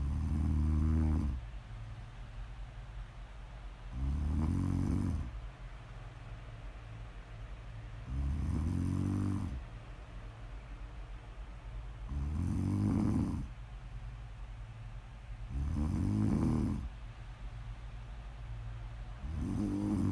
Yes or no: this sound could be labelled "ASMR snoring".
yes